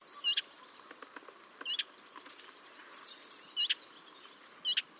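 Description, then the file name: Eurasian blackcap giving hard, dry tac calls: four sharp clicks at irregular intervals of roughly one to two seconds, over an intermittent high buzz. "Sylvia atricapilla"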